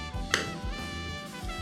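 A plastic front fender piece is clicked onto a LEGO 76139 1989 Batmobile model over background music with brass tones. A single sharp click is heard at 0.3 s, and the fender piece seats in place.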